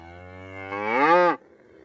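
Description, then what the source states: Cow mooing, one drawn-out moo that swells in loudness and rises slightly in pitch before cutting off abruptly, followed by quiet background. On a farm.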